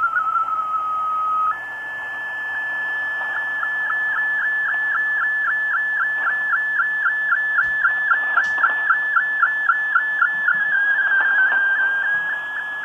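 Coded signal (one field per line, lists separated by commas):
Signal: SSTV (slow-scan television)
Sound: a steady whistle, then a warbling tone with rapid regular ticking sync blips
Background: radio static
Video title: 5850 kHz WRMI Broadcasting Digital Modes - Sony ICF-SW7600GR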